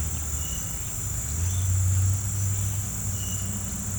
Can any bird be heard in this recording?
no